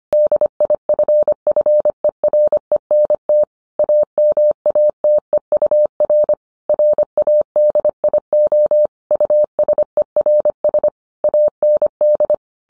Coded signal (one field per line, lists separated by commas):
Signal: Morse code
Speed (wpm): 25 wpm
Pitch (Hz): 600 Hz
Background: none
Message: DIFFERENT AMATEUR RADIO USERS AND